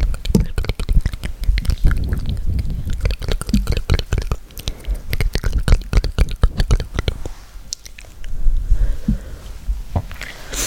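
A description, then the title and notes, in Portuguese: Mouth sounds: wet clicks and smacks packed densely through the first seven seconds, with soft crunchy, chewing-like textures underneath. After that the clicks thin out into sparser, quieter pops and low murmurs. ASMR SONS DE BOCA.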